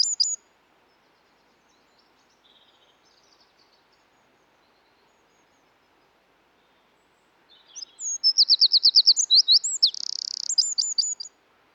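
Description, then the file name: Eurasian wren song: a brief high chirp at the start, faint notes, then a loud burst of rapid high trills and sharp repeated notes near the end. "British Library - European Wren Troglodytes troglodytes"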